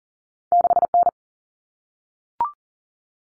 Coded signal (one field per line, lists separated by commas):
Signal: Morse code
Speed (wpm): 40 wpm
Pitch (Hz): 700 Hz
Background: none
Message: 6N